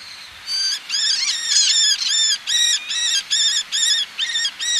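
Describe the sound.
Eleonora's falcon calling: loud, harsh, nasal squeals repeated steadily about twice a second, some overlapping at the start.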